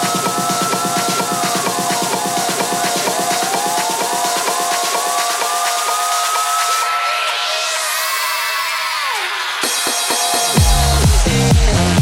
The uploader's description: bumper cars always have a particular soundtrack, always revolving around dance music